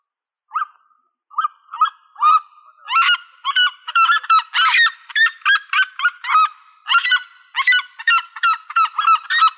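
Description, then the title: Bird giving loud, harmonic, nasal honking notes, first spaced out, then repeated rapidly in a long run. "LuckyPassaros CompletosSama"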